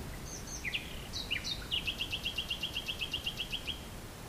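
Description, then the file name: Common nightingale singing: a few sharp whistled slurs, then a fast rattling series of repeated notes, over faint low background noise. "usignolo"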